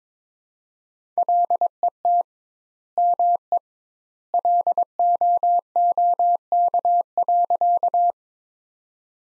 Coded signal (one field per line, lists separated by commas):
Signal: Morse code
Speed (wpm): 22 wpm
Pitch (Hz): 700 Hz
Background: none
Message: LET ME LOOK.